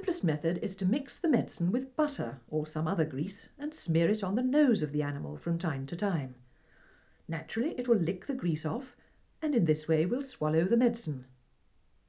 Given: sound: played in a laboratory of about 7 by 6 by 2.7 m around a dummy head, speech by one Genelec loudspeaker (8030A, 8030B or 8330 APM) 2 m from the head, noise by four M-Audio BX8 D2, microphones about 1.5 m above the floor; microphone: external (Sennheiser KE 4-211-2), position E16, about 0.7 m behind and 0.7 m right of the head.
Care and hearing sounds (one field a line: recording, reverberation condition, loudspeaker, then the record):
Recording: female speech in English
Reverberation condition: low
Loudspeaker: 150 degrees to the right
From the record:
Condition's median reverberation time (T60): about 310 ms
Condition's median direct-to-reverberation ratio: about 3.5 dB